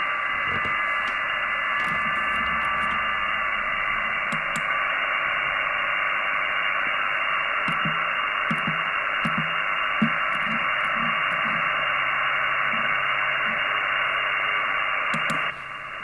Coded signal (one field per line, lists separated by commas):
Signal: FT8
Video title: XIEGU X6100 - WJSTX FT8- 2022 FULL SET UP - TEST